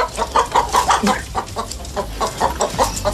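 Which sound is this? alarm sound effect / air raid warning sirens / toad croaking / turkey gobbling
turkey gobbling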